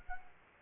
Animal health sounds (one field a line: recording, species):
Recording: mosquito wingbeat signal from an infrared sensor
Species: Culex quinquefasciatus